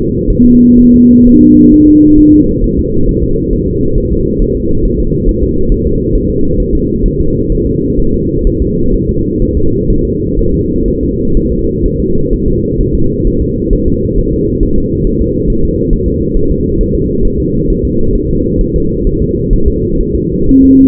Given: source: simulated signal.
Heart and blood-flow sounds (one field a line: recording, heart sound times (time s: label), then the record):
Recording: fetal heart sounds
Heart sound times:
0.30 s: S1
0.45 s: S2
0.79 s: S1
0.94 s: S2
1.27 s: S1
1.42 s: S2
1.74 s: S1
1.89 s: S2
2.19 s: S1
2.34 s: S2
2.64 s: S1
2.79 s: S2
3.09 s: S1
3.23 s: S2
3.53 s: S1
3.68 s: S2
3.98 s: S1
4.12 s: S2
4.42 s: S1
4.57 s: S2
4.85 s: S1
5.00 s: S2
5.29 s: S1
5.43 s: S2
5.72 s: S1
5.87 s: S2
6.15 s: S1
6.30 s: S2
6.60 s: S1
6.75 s: S2
7.06 s: S1
7.20 s: S2
7.52 s: S1
7.67 s: S2
8.00 s: S1
8.14 s: S2
8.47 s: S1
8.62 s: S2
8.94 s: S1
9.09 s: S2
9.42 s: S1
9.57 s: S2
9.90 s: S1
10.05 s: S2
10.39 s: S1
10.54 s: S2
10.88 s: S1
11.03 s: S2
11.37 s: S1
11.52 s: S2
11.85 s: S1
12.00 s: S2
12.33 s: S1
12.48 s: S2
12.81 s: S1
12.95 s: S2
13.27 s: S1
13.42 s: S2
13.73 s: S1
13.88 s: S2
14.19 s: S1
14.33 s: S2
14.63 s: S1
14.78 s: S2
15.07 s: S1
15.22 s: S2
15.50 s: S1
15.65 s: S2
15.93 s: S1
16.08 s: S2
16.37 s: S1
16.51 s: S2
16.81 s: S1
16.95 s: S2
17.25 s: S1
17.40 s: S2
17.70 s: S1
17.85 s: S2
18.16 s: S1
18.30 s: S2
18.61 s: S1
18.76 s: S2
19.07 s: S1
19.22 s: S2
19.53 s: S1
19.68 s: S2
20.01 s: S1
20.15 s: S2
20.49 s: S1
20.64 s: S2
From the record:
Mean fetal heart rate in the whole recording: 130 bpm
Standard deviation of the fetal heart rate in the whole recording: 4 bpm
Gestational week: 38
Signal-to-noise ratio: -16.4 dB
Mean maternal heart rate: 72 bpm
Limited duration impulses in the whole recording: present